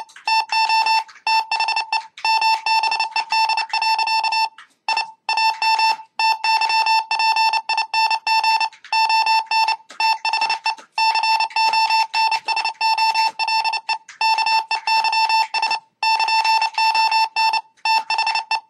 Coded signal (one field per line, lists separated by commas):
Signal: Morse code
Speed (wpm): 29 wpm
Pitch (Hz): 2650 Hz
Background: none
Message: TO THE MBED. I AM TYPING ON THE CONSOLE KEYS <KN>ON THE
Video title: W5UXH mbed Keyer Project Using USB keyboard